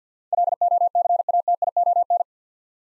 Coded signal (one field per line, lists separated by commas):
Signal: Morse code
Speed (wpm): 48 wpm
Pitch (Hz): 700 Hz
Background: none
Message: LOCATION